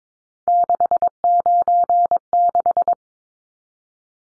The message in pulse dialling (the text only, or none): none